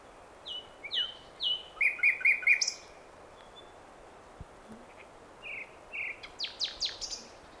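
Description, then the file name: Common nightingale song: short whistled notes, then four rapid identical chirps in a row, a pause, and a final phrase of sharp notes. "Luscinia megarhynchos"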